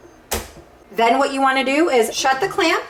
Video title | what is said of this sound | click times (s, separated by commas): Master your Cricut in 10 easy projects the series - Project 7 | and we are going to insert this into our machine until you hear a click | 0.3 s